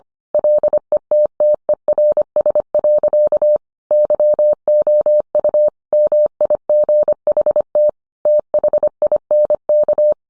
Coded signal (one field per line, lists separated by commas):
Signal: Morse code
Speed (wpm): 25 wpm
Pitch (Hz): 600 Hz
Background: none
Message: LETTERS. YOU MIGHT THINK